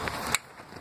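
A wiring connector is plugged into a car battery, with a steady broadband noise that drops away right after a sharp snap at 0.4 s (0.35 s), the loudest hit in the clip. Smaller ticks come at about 0.1 s and 0.9 s, and the connector is confirmed seated.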